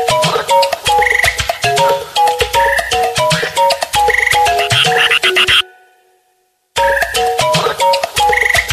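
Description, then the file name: Frog chorus of overlapping short tonal notes and quick pulsed trills, continuous and busy, broken by about a second of silence before the calling resumes. Recorded in the morning. "morning froggy"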